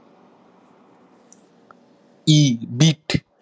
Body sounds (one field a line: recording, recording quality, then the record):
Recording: sustained vowel as in beet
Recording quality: moderate, slight background noise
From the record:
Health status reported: healthy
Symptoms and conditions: none ticked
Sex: male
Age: 21 years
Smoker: not ticked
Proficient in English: yes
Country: India